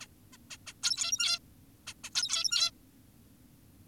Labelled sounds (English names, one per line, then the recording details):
Zebra Finch
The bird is an adult
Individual g17y2U